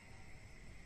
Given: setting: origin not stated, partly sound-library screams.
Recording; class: one-second piece from a danger detection set; normal situation